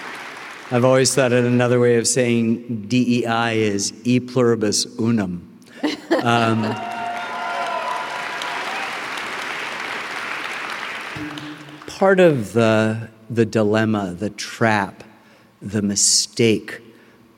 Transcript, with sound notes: I've always thought that another way of saying DEI is e pluribus unum.
(Laughter).
(APPLAUSE)
Part of the dilemma, the trap, the mistake